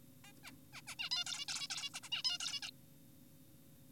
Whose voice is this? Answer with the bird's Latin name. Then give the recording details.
Taeniopygia guttata. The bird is an adult. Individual g4p5U